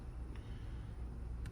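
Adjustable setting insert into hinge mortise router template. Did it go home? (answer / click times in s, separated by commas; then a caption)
no / none. The adjustable setting insert on a hinge-mortise router template is lifted and handled over the small holes behind it for the 1 3/4 inch position. A steady low rumble fills the clip, with two brief faint ticks at about 0.4 and 1.5 seconds. Nothing has seated or snapped into place yet.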